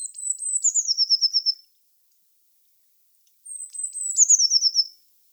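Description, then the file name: Eurasian blue tit sings two high, thin phrases, each starting with clear notes and ending in a fast, slightly falling trill. "Cyanistes caeruleus"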